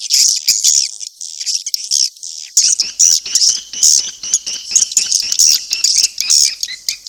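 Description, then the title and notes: Swiftlet chirping calls: rapid, high, scratchy twitters, about two a second, with sharp clicks between them, continuing without a break. Sound used in swiftlet farming in Asia. "Swiflet Bird Sound. Farming Swiflet Bird asia sound"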